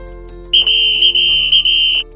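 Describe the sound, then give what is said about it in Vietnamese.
A pedestrian-street security guard blows a horn to break up a brawl: one long, loud, shrill blast holding a steady high pitch for about a second and a half, wavering slightly in a few quick pulses, with no voices. “Tiếng kèn thổi to của bảo vệ khu đi bộ lúc bấy giờ mới chạy đến xen ngang cuộc ẩu đả.”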